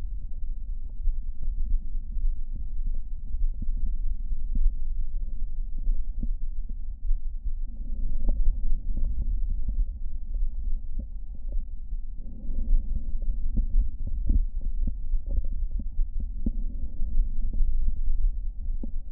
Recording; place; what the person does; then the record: lung sounds by stethoscope; left anterior apical chest; quiet breathing, then deep breathing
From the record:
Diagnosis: asthma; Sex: female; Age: 72 years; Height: 160 cm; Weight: 63.4 kg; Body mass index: 24.8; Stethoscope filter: diaphragm mode